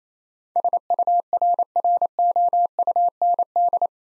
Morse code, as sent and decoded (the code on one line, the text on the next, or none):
... ..- .-. .-. --- ..- -. -..
SURROUND